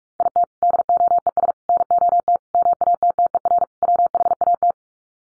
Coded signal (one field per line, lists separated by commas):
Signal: Morse code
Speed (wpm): 44 wpm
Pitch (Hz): 700 Hz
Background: none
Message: IT DOES NOT MATTER WHAT